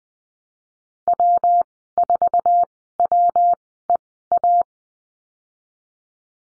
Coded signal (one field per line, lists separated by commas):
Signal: Morse code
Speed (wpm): 20 wpm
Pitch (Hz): 700 Hz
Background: none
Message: W4WEA